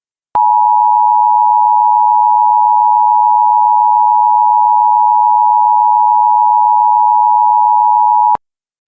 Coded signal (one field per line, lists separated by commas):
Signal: Emergency Alert System (SAME) tones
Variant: 853 and 960 Hz attention tone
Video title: EAS Scenario - Omega